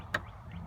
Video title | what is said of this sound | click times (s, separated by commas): 85' GTV6 Exterior / Interior Walk Around | Just pops into place. | 0.1 s